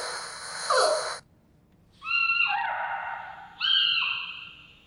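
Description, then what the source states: Giant panda cub calls: a short breathy noisy burst, then two drawn-out, wavering tonal cries that step down in pitch. Young panda; the species can bleat, honk, chirp, roar and squeal.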